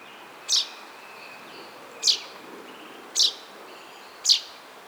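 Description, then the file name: Common chaffinch giving sharp, high, clipped call notes, four in about five seconds at slightly uneven intervals, over steady background noise. "Fringilla coelebs"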